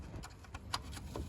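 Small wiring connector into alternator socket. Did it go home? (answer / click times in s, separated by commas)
no / none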